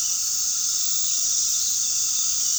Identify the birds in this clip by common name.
none